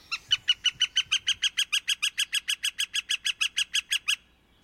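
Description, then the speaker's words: Northern flicker giving a long, rapid series of loud, evenly spaced notes lasting about four seconds, then stopping. "Now, take a deep breath and immerse yourself in the soothing sounds of this northern flicker."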